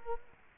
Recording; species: mosquito wingbeat signal from an infrared sensor; Culex quinquefasciatus